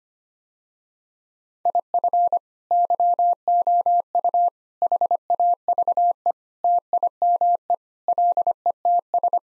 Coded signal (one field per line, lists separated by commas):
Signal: Morse code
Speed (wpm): 25 wpm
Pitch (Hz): 700 Hz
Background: none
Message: IF YOU HAVE TIME LETS